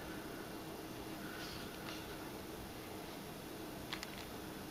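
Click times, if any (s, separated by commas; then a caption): none. Someone handles the plastic front housing of a Yaesu FT-60R handheld radio against its chassis, with the gasket checked to be still in line before the two halves are pushed together. Faint handling rustles and a couple of brief ticks near the end sit over a steady background hiss. Nothing has seated or snapped into place yet.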